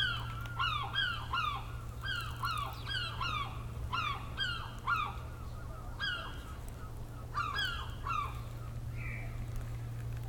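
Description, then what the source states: Gull giving harsh, nasal yelping calls in repeated bursts over a steady low hum. Recorded 10 August 2006.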